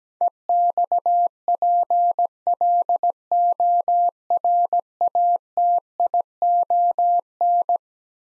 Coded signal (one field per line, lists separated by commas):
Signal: Morse code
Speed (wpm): 17 wpm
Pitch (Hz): 700 Hz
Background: none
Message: EXPLORATION